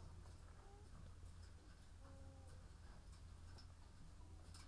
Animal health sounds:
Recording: poultry house recording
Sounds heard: sick chickens (respiratory disease)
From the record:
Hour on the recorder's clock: 14

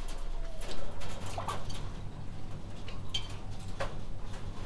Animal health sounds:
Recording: poultry house recording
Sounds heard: healthy chickens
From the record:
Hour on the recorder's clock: 20

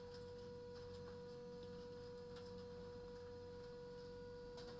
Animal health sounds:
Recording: poultry house recording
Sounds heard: no chicken sound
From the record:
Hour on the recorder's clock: 22

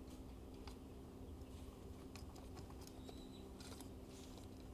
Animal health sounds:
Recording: poultry house recording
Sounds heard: healthy chickens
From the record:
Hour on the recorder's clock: 15

